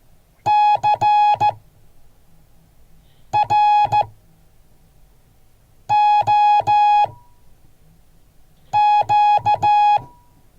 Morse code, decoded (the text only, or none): CROQ